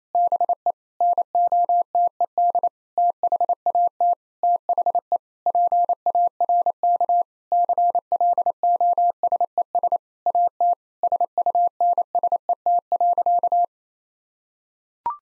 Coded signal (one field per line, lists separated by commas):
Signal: Morse code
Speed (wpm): 27 wpm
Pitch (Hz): 700 Hz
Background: none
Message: BE NOTED THAT THE PARK CLOSES AT SUNSET.